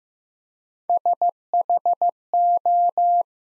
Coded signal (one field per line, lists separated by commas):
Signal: Morse code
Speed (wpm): 15 wpm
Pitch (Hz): 700 Hz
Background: none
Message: SHO